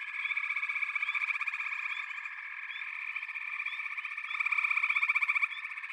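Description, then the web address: Frog chorus of many overlapping pulsed trills, steady throughout, swelling louder near the end. A chorus of frogs calling together. "Echoes of Nature - Frog Chorus"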